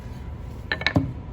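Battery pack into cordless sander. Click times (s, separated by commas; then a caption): 0.7 s, 0.9 s. A slide-on battery pack is pushed back onto a cordless sander and pressed down until it locks into place. Sharp plastic clicks sound at 0.7 s and 0.9 s, followed by a duller knock just before 1.0 s, and the battery is seated and locked.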